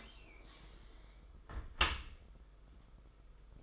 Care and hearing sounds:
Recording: daily activity, microphone in the room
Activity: close dishwasher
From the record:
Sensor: 5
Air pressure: 991.5 hPa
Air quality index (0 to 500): 117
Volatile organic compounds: 38 ppm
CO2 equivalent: 3110 ppm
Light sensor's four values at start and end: 40/126/48/51 and 39/124/47/50

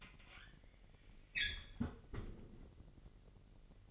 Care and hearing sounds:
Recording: daily activity, microphone in the room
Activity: close fridge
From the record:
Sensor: 4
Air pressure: 1002.7 hPa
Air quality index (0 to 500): 241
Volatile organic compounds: 17 ppm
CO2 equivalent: 2582 ppm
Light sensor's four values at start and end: 4/10/4/4 and 4/10/4/4

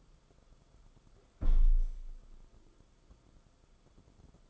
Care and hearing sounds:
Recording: daily activity, microphone in the room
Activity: close window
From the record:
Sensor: 5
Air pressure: 994.5 hPa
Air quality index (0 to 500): 186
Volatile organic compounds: 1000 ppm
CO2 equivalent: 5478 ppm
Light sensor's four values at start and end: 9/22/9/10 and 9/22/8/9

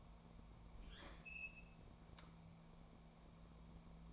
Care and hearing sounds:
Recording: daily activity, microphone in the room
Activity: open fridge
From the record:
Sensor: 1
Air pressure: 1000.1 hPa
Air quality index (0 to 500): 135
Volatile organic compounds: 2 ppm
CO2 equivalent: 1275 ppm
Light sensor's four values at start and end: 37/93/39/47 and 36/92/39/47

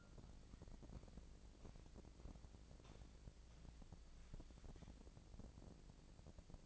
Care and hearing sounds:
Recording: daily activity, microphone in the room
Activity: walk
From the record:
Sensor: 5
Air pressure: 1012.2 hPa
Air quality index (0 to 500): 158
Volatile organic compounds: 2 ppm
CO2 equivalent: 1082 ppm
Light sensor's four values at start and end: 346/831/356/397 and 344/826/353/395

